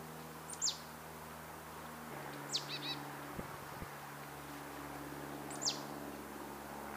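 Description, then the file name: Marsh tit calls: three high, thin downslurred notes spaced a few seconds apart, the middle one followed by a short burst of buzzy notes, over a steady low hum. "Poecile palustris"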